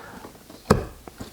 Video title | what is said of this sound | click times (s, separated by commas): Product Review & Comparison: Kore Essentials vs. Groove Life EDC Belts - Which is better? | and you're good to go there and once it is locked in you can take these screws and simply tighten | 0.7 s